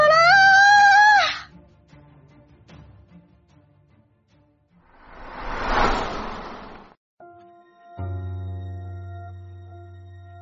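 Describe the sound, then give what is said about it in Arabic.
A woman's high, piercing scream rings out loudly for about a second with a wavering pitch, echoing through a locked room, then gives way to a rushing burst of noise and a steady low hum. “مددت يدي إلى المقبض لأفتحه حين سمعت صرخة ناهد تتردد في أرجاء الغرفة الموصدة.”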